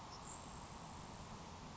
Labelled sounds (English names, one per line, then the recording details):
Grasshopper Sparrow
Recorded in Sonoma County, California